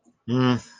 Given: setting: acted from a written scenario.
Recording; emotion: vocal sound without words; neutral